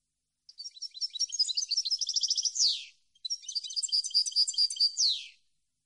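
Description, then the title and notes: European goldfinch song in two rapid tinkling, twittering phrases, each closing with a buzzy descending note, separated by a brief pause; clean background. Clean goldfinch song from a CD intended for song copying and training. "Cd Jilguero. Cd de canto de jilguero limpio para copia"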